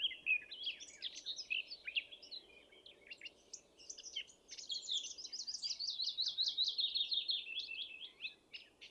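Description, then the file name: Eurasian blackcap song: a jumbled scratchy warble, a brief lull, then a quick series of sharp downslurred notes repeated about three per second over steady background hiss. "Sylvia atricapilla"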